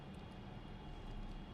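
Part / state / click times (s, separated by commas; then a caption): bracelet end link bottom into watch case lugs / not seated / none. The bottom piece of a metal bracelet end link is being slid into the case lugs of a Seiko SKX007 watch after the top piece has already clicked in. Only a steady, low, broadband rumble is heard, with no distinct click. The bottom piece has not yet seated or clicked into place.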